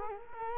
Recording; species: mosquito wingbeat signal from an infrared sensor; Culex quinquefasciatus